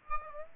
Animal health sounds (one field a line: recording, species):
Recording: mosquito wingbeat signal from an infrared sensor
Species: Aedes aegypti